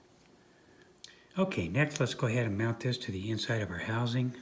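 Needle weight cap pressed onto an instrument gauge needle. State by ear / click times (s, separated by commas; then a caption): seated / 1.0 s. A small notched weight cap is pressed onto a restored VDO Porsche gauge needle so it conforms to the needle's inner shape and weights it. A single short, sharp click at 1.0 s shows the cap seating fully into place. Someone then talks over the remaining seconds.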